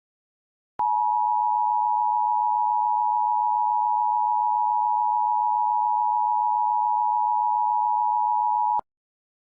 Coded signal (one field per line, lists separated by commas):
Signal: Emergency Alert System (SAME) tones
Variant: 853 and 960 Hz attention tone